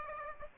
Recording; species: mosquito wingbeat signal from an infrared sensor; Aedes aegypti